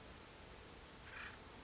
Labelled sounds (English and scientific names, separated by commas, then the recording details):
Acorn Woodpecker (Melanerpes formicivorus)
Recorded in Sonoma County, California